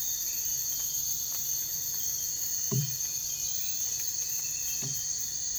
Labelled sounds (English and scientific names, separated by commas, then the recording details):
none
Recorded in dense forest near Puerto Asís, Putumayo, Colombia, on 21 December 2024 at 04:30
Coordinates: 0.484, -76.317
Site G026